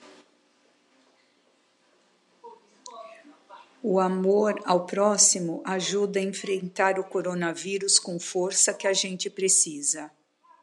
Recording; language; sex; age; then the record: spoken sentence; Brazilian Portuguese; female; 50 to 59 years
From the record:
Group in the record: control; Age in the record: 58 years